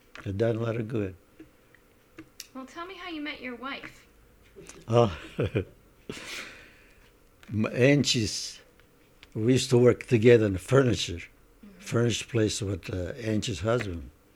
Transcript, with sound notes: it does a lot of good.
Well, tell me how you met your wife.
(laughs) Oh,. (laughs) Angie's, we used to work together in the furniture, furniture place with Angie's husband.